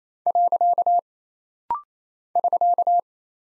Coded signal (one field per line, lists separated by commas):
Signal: Morse code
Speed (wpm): 28 wpm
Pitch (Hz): 700 Hz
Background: none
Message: . <SK>